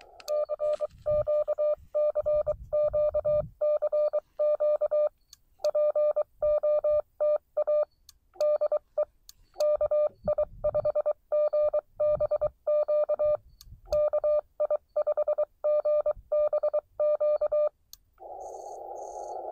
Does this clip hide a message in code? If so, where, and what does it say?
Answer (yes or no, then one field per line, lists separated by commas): yes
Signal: Morse code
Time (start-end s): 0.3-17.7 s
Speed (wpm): 22 wpm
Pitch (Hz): 600 Hz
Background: none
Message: CQ CQ CQ POTA DE KI5GBQ KI5GBQ